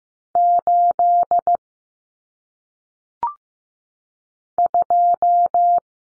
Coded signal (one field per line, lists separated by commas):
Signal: Morse code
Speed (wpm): 15 wpm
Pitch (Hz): 700 Hz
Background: none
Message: 8 2